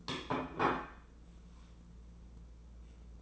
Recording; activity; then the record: daily activity, microphone in the room; place plate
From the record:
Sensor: 1